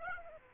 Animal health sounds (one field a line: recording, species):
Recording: mosquito wingbeat signal from an infrared sensor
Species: Aedes aegypti